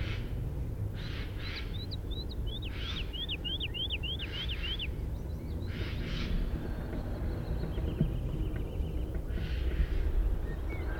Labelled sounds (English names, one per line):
Wood Lark song